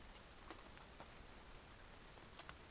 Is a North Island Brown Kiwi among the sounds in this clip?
no